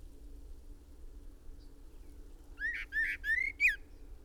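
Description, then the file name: Common blackbird giving four rich, slurred whistled notes after a quiet opening, each note bending up or down, over a low steady hum. "Turdus merula"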